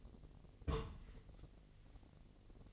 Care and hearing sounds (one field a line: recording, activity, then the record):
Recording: daily activity, microphone in the room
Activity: place on stove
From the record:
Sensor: 4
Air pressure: 1000.1 hPa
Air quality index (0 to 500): 222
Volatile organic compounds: 26 ppm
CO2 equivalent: 2861 ppm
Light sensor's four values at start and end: 9/20/8/7 and 9/20/8/7